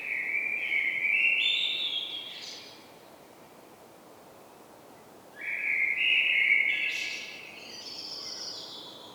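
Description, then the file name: Common blackbird singing two phrases, each a mellow warbled start that climbs into squeaky high notes, with a quiet gap between them over faint hiss. "Turdus merula"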